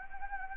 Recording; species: mosquito wingbeat signal from an infrared sensor; Anopheles gambiae